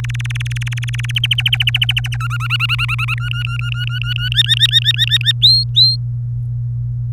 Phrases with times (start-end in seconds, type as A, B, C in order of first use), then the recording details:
0.04-1.11 A, 1.16-2.16 B, 2.20-3.14 C, 3.17-4.29 D, 4.32-5.32 E, 5.41-5.96 F. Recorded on 24 April 2018 at 17:25. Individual llb3